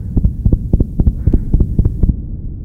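Rapid heartbeat of an adult bus driver after being abused, insulted and threatened; aggression and violence toward workers cause harm.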